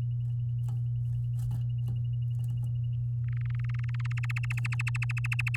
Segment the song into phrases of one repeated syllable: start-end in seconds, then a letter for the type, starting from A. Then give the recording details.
3.28-4.13 A, 4.17-5.57 B. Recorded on 8 May 2018 at 15:42. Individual llb16